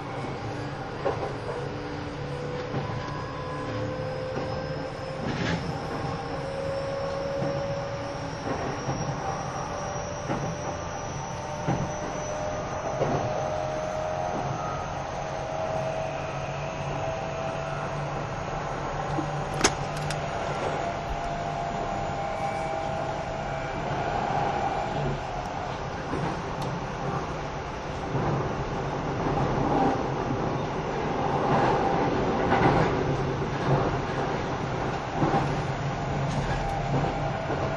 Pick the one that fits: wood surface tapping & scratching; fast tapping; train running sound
train running sound